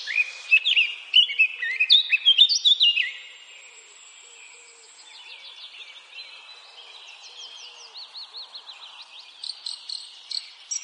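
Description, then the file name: Eurasian blackcap giving a loud, jumbled warble for about three seconds, followed by quieter, thin repeated notes and a soft trilling series that continues to the end. "Sylvia atricapilla"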